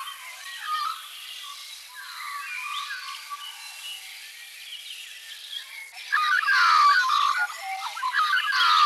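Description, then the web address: Magpie calls, soft and muffled warbling for several seconds, then a sudden louder burst of fluted, sliding notes and squawks to the end. "birds sound magpiewb"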